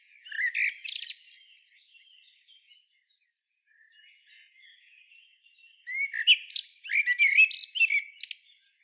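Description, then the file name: Common blackbird giving high chirps and squeaky twitters in a short opening burst, several seconds of faint thin notes, then a denser run of scratchy twittering. "Turdus merula"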